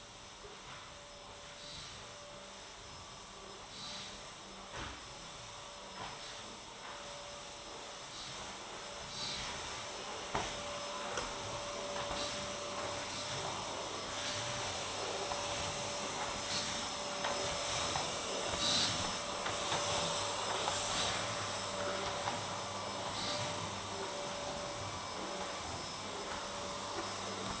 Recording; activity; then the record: daily activity, microphone in the room; vacuum cleaning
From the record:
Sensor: 3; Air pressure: 1011.9 hPa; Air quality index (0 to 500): 236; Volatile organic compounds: 5 ppm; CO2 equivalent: 1750 ppm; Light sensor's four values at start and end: 11/26/11/10 and 10/24/10/10